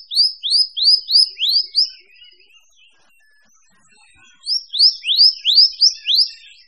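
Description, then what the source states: Birds singing: two rapid bursts of sharp, high, downslurred whistled notes, about six each, split by a quiet pause of over two seconds, with faint softer chirps between. Mixed birds.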